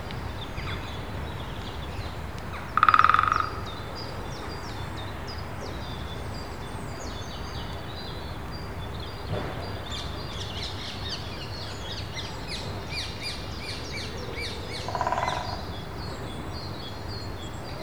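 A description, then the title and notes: Woodpeckers in a park give two loud, harsh calls near 3 and 15 seconds, while small birds chirp throughout over a steady low rumble. Woodpeckers in Wandle Park, London, UK. There were at least two woodpeckers in the trees in the park.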